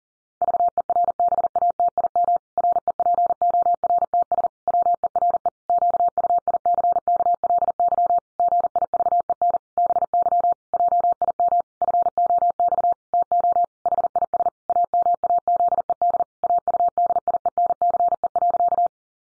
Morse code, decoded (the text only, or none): VERBATIM REPORTS WERE QUICKLY GIVEN BY JIM FOX TO HIS AMAZED AUDIENCE.